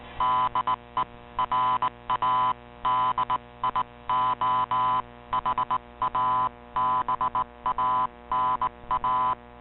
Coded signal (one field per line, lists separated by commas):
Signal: Morse code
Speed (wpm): 19 wpm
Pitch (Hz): 1010 Hz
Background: music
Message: DE RADIO HABANA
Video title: Radio Havana Cuba DXers Unlimited Jan 12 2020 on 15140Khz Shortwave Radio R8600